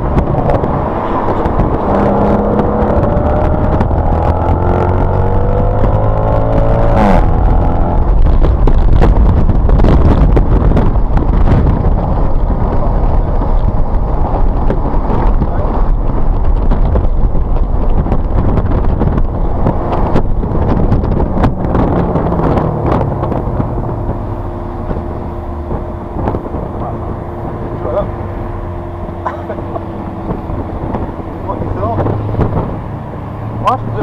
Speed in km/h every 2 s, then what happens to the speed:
56, 68, 84, 109, 113, 108, 98, 93, 90, 77, 64, 48, 29, 23, 16, 16, 23.
0-8 speeds up to 113. 8-29 brakes to 16. 29-34 speeds up to 23.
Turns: 0-6, 23-31.